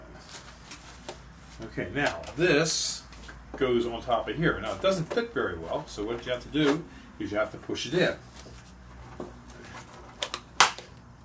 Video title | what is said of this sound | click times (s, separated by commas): Bottles Used to grow Nursery Stock | There, it snaps in place. | 10.6 s